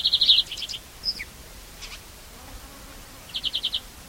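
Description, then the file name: European greenfinch calls: short fast trilled bursts of high chips at the start and near the end, with a few scattered single notes between. "Chloris chloris"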